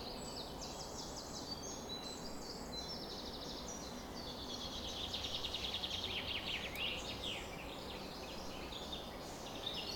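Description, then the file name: Mixed birds singing together in a dawn chorus, many overlapping high chirps, trills and whistled phrases over a steady low background hiss. Bird chorus on a summer morning at 4:40 am. "summer morning bird chorus-4 40 am in cobs"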